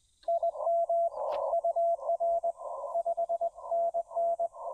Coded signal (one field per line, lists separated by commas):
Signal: Morse code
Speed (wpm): 22 wpm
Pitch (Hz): 680 Hz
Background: radio noise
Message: IM UR 5NN